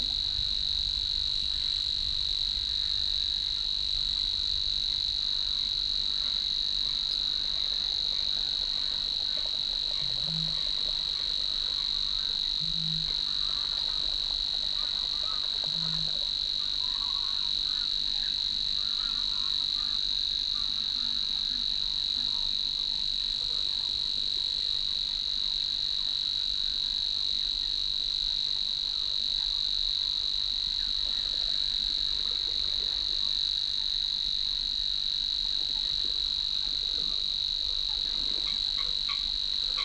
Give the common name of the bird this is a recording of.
Savi's Warbler